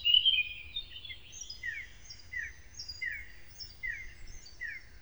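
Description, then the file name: Eurasian blackcap: a louder note at the start, then a faint series of short high notes repeating at short intervals over a low, steady background rumble. "moenchsgrasmuecke"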